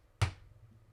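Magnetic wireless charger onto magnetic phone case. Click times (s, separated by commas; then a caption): 0.2 s. A magnetic wireless charger snaps onto the back of a Ringke UX magnetic case, which has a MagSafe ring and kickstand, on a Samsung Galaxy S26 Ultra. A single sharp, bright snap lands at 0.2 s and fades quickly into quiet. The charger is seated, held by a very strong magnet.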